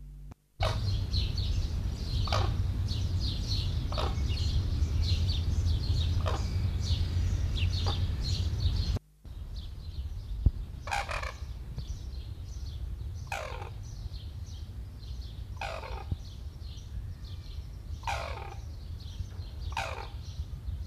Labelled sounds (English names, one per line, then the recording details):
Sarus Crane call
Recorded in captivity
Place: Zoo Hannover, Niedersachsen, DE
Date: 1970-06-24
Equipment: Halbspur, 9,5 cm/s
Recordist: Lütgens, Hans
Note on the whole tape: Verschiedene Rufe im Umherlaufen, gegen Ende gesteigert zu den Fanfaren. Zoo Hannover